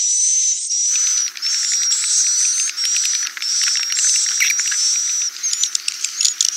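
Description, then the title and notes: Swiftlet calls repeating in bursts under a second apart, high wavering tones with faint twitters, a scattering of sharper chirps toward the close. Sound used for swiftlet farming in Asia. "Swiflet Bird Sound. Farming Swiflet Bird asia sound"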